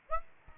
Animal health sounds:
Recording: mosquito wingbeat signal from an infrared sensor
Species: Aedes albopictus

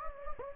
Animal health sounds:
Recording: mosquito wingbeat signal from an infrared sensor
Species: Anopheles gambiae

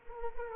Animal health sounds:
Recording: mosquito wingbeat signal from an infrared sensor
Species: Culex quinquefasciatus

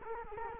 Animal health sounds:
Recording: mosquito wingbeat signal from an infrared sensor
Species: Culex quinquefasciatus

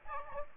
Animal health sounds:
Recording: mosquito wingbeat signal from an infrared sensor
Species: Aedes aegypti

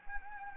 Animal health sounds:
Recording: mosquito wingbeat signal from an infrared sensor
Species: Anopheles gambiae

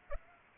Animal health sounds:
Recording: mosquito wingbeat signal from an infrared sensor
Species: Aedes aegypti

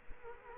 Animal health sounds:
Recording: mosquito wingbeat signal from an infrared sensor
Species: Culex quinquefasciatus

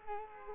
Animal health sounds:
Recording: mosquito wingbeat signal from an infrared sensor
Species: Culex quinquefasciatus

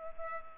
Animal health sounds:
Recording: mosquito wingbeat signal from an infrared sensor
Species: Culex pipiens

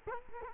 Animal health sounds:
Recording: mosquito wingbeat signal from an infrared sensor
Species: Culex quinquefasciatus

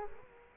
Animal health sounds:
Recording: mosquito wingbeat signal from an infrared sensor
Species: Culex quinquefasciatus

